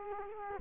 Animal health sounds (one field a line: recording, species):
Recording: mosquito wingbeat signal from an infrared sensor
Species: Culex quinquefasciatus